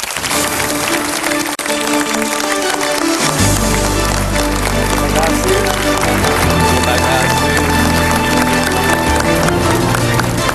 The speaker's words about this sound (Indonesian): Kita beri tepuk tangan untuk Bapak Mario Teguh.